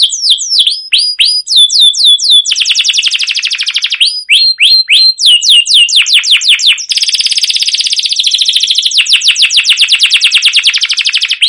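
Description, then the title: Canary singing a long unbroken stream: slurred falling whistles, then extended rapid high trills that continue to the end. Long, continuous rolling canary song used as a lure to train other canaries to sing. "CUIT CUIT NGEROL LANGSUNG GACOR PANJANG Kenari Ini AMPUH Utk Pancingan KENARI"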